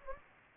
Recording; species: mosquito wingbeat signal from an infrared sensor; Anopheles gambiae